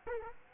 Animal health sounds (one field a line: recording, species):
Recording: mosquito wingbeat signal from an infrared sensor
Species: Culex quinquefasciatus